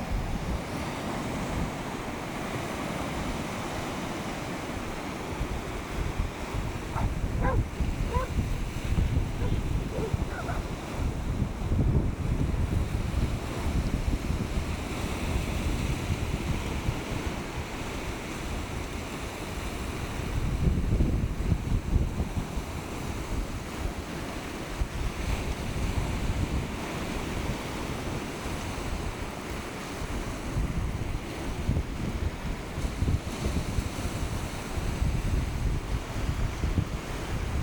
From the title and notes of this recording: Nairn Beach Notes. Two degrees again, onto the sand with frozen fingers. An active beach with runners trotting and chatting amongst the barking dogs. A sea kayaker heading out past the winter swimmers preparing to submerge. The waves.